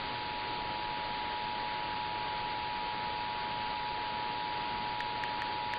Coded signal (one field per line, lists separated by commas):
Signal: Emergency Alert System (SAME) tones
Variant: 853 and 960 Hz attention tone